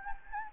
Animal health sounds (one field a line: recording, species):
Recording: mosquito wingbeat signal from an infrared sensor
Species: Anopheles gambiae